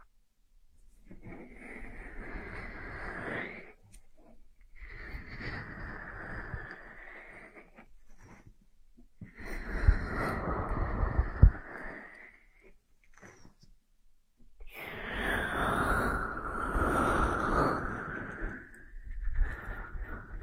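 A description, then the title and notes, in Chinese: Ear massage: dense, scratchy rubbing that comes in four long strokes, each lasting about three seconds, separated by short quiet pauses. The final stroke, starting near fifteen seconds, is louder and brighter than the rest, with a faint crackle on top. 按摩耳朵，一些让人放松的声音。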